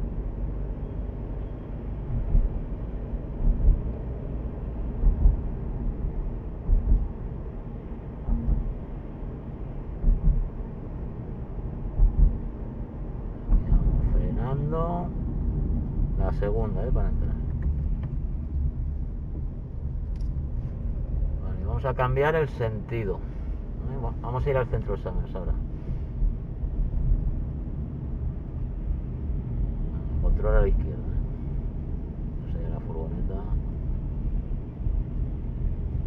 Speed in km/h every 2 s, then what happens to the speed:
40, 41, 41, 43, 47, 47, 47, 47, 46, 43, 33, 22, 23, 27, 30, 29, 31, 31.
0-8 speeds up to 47. 8-16 steady at about 47. 16-22 brakes to 22. 22-27 speeds up to 30. 27-36 steady at about 30.